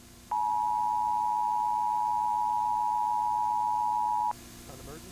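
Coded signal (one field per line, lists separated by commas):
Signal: Emergency Alert System (SAME) tones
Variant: 853 and 960 Hz attention tone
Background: speech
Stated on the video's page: SAME tones opening a Severe Thunderstorm Warning Emergency Alert System activation on a York, Pennsylvania cable company's system.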